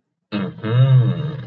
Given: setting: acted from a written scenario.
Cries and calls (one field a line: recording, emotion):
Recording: vocal sound without words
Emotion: realization